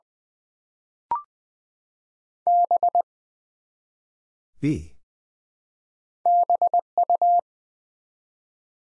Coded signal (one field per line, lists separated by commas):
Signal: Morse code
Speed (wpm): 20 wpm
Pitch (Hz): 700 Hz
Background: none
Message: B BU